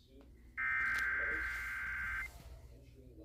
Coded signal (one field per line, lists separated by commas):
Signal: Emergency Alert System (SAME) tones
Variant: header bursts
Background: speech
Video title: Eas special marine warning in Hawaii Eas#420